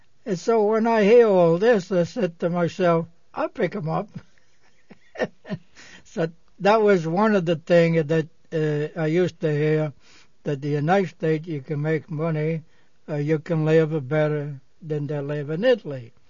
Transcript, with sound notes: And so, when I hear all this, I said to myself, " I pick them up." ( he laughs ) So that was one of the things that I used to hear that the United States you can make money, you can live a better than they live in Italy.